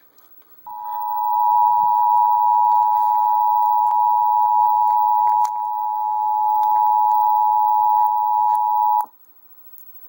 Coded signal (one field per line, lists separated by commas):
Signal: Emergency Alert System (SAME) tones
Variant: 853 and 960 Hz attention tone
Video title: EAS tornado warning Minneapolis 5/1/2012